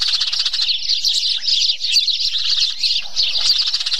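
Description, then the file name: Sparrows chirping in a dense, continuous stream of short, high, overlapping chirps and twitters. "tieng se chuan"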